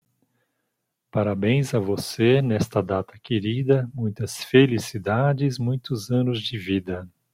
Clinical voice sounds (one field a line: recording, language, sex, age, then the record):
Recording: short text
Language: Brazilian Portuguese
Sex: male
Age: 50 to 59 years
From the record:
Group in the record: control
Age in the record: 55 years